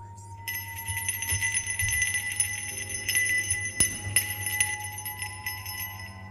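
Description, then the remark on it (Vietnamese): A small bell hanging above a household altar jingles steadily at night, its bright high metallic tones ringing and overlapping for several seconds at a moderate level over a low, constant hum. “ông Cập bị đánh thức bởi tiếng leng keng như là tiếng chuông”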